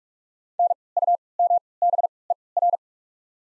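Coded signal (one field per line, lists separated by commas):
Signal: Morse code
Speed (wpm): 48 wpm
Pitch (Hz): 700 Hz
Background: none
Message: N U M B E R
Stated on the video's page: Morse code practice of the top 200 words at 45 wpm with 3x character spacing, a form of Farnsworth timing.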